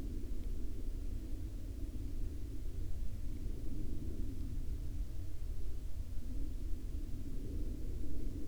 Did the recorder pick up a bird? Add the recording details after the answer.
no. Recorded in the Arctic National Wildlife Refuge, Alaska, on 31 July 2019 at 02:20. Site 40